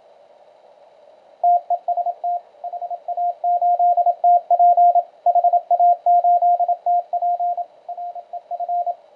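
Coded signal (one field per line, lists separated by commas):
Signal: Morse code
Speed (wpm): 27 wpm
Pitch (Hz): 700 Hz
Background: radio noise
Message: TEST HA8TP HA8TP REF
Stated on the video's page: Elecraft K1 QRP CW transceiver on 15 meters with narrow 400 Hz filter, power adjustable from 100 mW to 5 watts.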